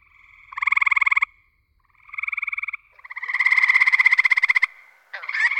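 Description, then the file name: Gray treefrog trills, pulsed bursts under a second long, then a longer trill of nearly two seconds. "hyla versicolor"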